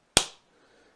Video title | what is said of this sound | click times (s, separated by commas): Tipton 13 Piece Rifle Brass Jag Set Review, A good set of tools to clean your guns and rifles | you can hear it pop in place | 0.2 s